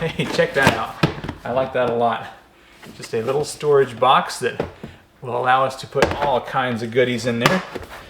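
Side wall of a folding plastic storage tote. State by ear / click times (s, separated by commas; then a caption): not seated / none. Someone talks while handling a plastic side wall of a Vevor foldable storage tote, which is meant to snap into its locked upright position to keep the tote from collapsing. Light handling taps are heard under the speech. Nothing has snapped or seated yet.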